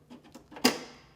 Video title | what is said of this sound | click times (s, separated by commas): How to Clean and Sanitize Globe Slicers | begin by inserting and securing the slice deflector make sure it snaps back into place on the ring guard | 0.7 s